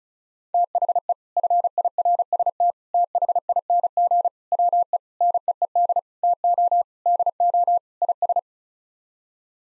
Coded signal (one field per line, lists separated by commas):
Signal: Morse code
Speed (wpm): 36 wpm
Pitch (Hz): 700 Hz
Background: none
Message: THE FIRST THING WE NEED TO DO IS